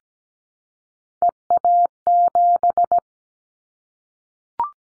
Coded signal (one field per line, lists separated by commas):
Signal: Morse code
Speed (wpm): 17 wpm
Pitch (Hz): 700 Hz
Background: none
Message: EA7